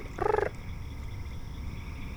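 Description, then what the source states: Gray treefrog giving a single short trilled call of rapid pulses, about a quarter second long. Heard in the evening after sundown, about an hour and a half into a hike.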